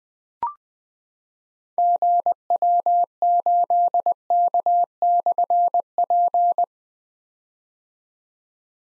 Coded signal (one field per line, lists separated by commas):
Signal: Morse code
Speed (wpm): 20 wpm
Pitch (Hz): 700 Hz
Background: none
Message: GW8K/P